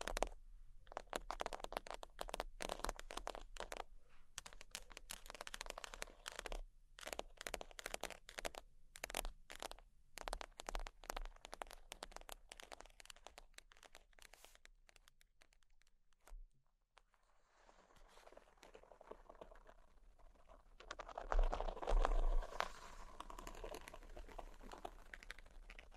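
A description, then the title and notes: Sheets are handled, with dense runs of crisp scratching and tapping for the first fifteen seconds, sharp crinkles and crackles packed tightly together. After a brief near-silence around sixteen seconds, a softer rustling swell follows, peaking near twenty-two seconds. ASMR Extremely Sleepy Sheets Scratching Tapping（No Talking）.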